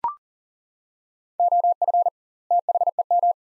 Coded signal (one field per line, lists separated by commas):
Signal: Morse code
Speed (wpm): 37 wpm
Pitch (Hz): 700 Hz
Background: none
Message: OF THEM